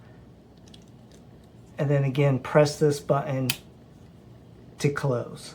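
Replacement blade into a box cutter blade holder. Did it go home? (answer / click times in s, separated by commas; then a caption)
yes / 0.7 s. A replacement metal blade is slid into a box cutter's blade carrier while the release button is held, giving several small, faint clicks, with the sharpest at 0.7 s as the blade locks into place. Someone then talks.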